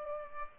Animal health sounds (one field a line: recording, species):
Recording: mosquito wingbeat signal from an infrared sensor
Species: Culex pipiens